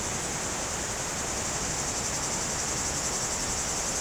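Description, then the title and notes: Cicadas buzzing in a steady, shrill wash of sound over the rush of running water. Cicadas very active in trees near the Jourdan river on the slopes of the Grand Colombier above Culoz, France, on a hot day; river audible. "Chem. de Romagnieux, 01350 Culoz, France - Rivière et cigales. Sur les pentes du Grand Colombier au dessus de Culoz , par cette chaude journée les cigales sont très actives dans les arbres près du Jourdan"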